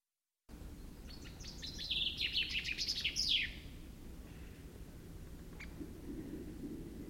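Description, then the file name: Common chaffinch song: a single bright, rapid phrase of trilled notes that tumbles downward and ends in a quick flourish, over low steady background rumble. "Fringilla coelebs"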